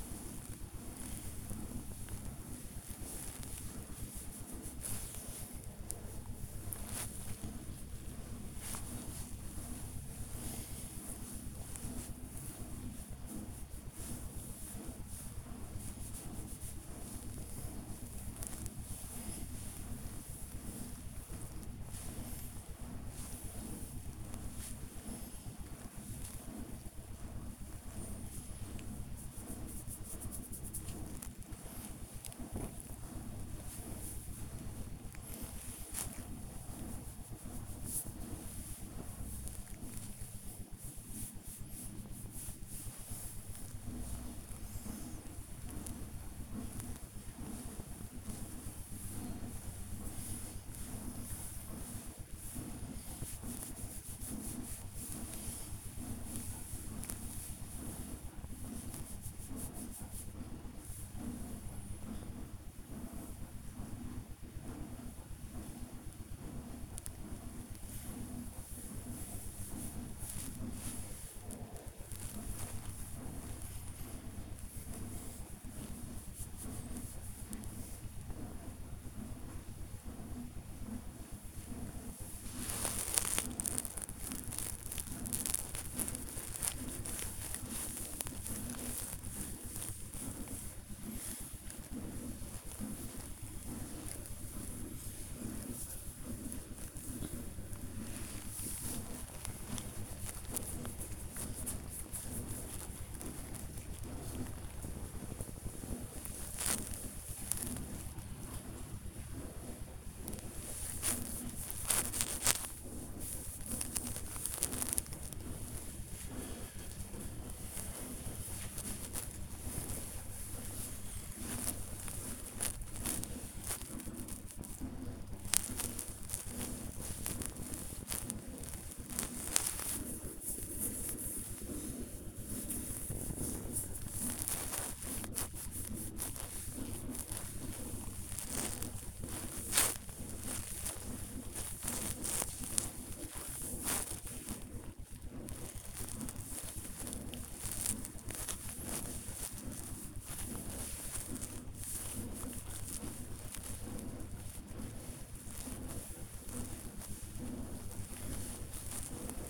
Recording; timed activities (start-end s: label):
household activities, microphone on the right wrist
0.00-25.20 s: petting the dog
31.25-136.83 s: petting the dog
138.83-159.50 s: petting the dog